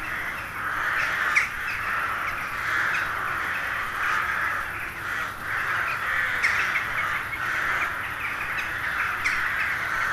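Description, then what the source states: Crow flock calling, a steady wall of overlapping hoarse caws with occasional sharper individual calls rising above the mass. Hundreds of crows gathering at dusk in winter to settle for the night in a poplar wood at Neuflize.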